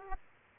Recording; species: mosquito wingbeat signal from an infrared sensor; Aedes aegypti